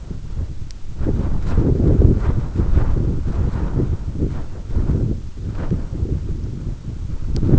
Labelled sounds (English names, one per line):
none